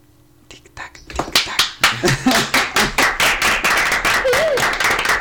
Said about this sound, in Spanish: Pon el aplauso otra vez. Espera un momento, a ver, aplauso.